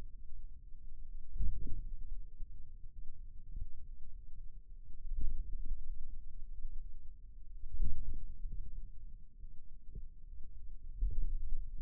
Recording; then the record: forearm muscle sounds (acoustic myography)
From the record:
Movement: wrist extension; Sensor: system 2, bracelet of six BSWA MPA416 microphones around the upper forearm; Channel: 6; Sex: male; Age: 22 years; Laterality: right